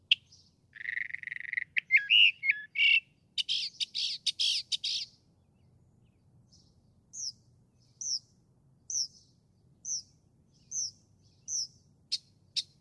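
Northern mockingbird song mixing harsh, buzzy and squawking phrases, followed by a slow run of short, sharp notes repeated about once a second.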